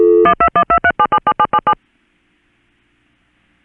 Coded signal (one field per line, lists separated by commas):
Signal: DTMF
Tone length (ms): 70 ms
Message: 12123777777